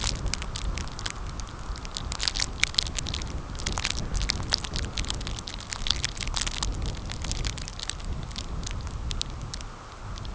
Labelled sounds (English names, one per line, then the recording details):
none
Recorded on Arctic tundra, site CORI-1, on 15 June 2018
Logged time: 10:00